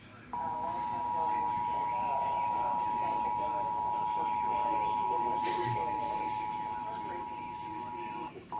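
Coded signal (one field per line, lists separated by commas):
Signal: Emergency Alert System (SAME) tones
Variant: 853 and 960 Hz attention tone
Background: speech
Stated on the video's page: EAS severe thunderstorm warning carried on a TV station.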